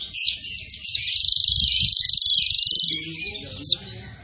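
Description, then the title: Zebra finch song, a long rapid pulsing rattle-trill lasting nearly two seconds, framed by brief sharp chirps. Masteran (training) recording of a zebra finch (burung tembakan) described as gacor (singing actively). "Masteran Burung Tembakan Gacor"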